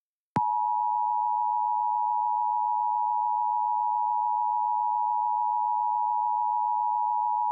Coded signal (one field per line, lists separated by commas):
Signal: Emergency Alert System (SAME) tones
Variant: 853 and 960 Hz attention tone